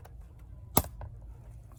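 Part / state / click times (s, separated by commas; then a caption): bottom case retaining clip on a laptop chassis / released / 0.8 s. Prying on the second side of a MacBook Pro A1708 laptop case releases the bottom case retaining clip on the chassis, which pops open with a sharp click at 0.8 s. A couple of faint ticks come just before and after it. With this, the second clip is released and both clips are open.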